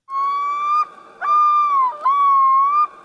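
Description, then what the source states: Yellow-billed loon wailing, three long clear mournful notes, each held steady and broken by short gaps, the middle one dipping slightly before the last resumes. Call described as the sound of summer.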